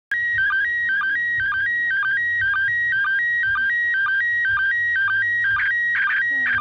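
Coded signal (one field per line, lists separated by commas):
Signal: SSTV (slow-scan television)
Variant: PD120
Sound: warbling tones stepping between two pitches, with short low blips about twice a second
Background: radio static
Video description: Se utilizó una radio Baofeng UV-5R en la frecuencia 145,800 MHz (+/- 3 KHz para el cambio Doppler) y el modo de operación SSTV PD 120.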